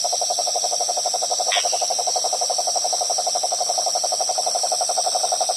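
Frog trilling in a rapid, regular series of pulses that holds steady, with a single short chirp early on and steady high insect buzzing behind.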